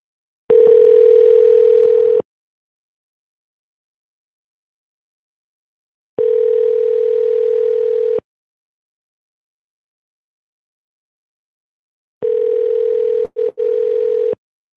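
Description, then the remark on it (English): An outgoing phone call to a hairdresser rings out three times, each long, steady buzzing tone lasting about two seconds and separated by several seconds of silence. The pitch is fairly low and even, with no voices. “So let's give him a call.”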